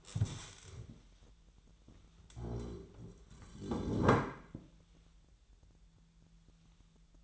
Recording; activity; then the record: daily activity, microphone in the room; stand up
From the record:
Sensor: 3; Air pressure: 1001.5 hPa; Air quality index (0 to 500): 247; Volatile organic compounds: 141 ppm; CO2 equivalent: 3982 ppm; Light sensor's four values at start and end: 11/24/11/10 and 11/25/10/10